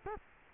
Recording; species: mosquito wingbeat signal from an infrared sensor; Culex quinquefasciatus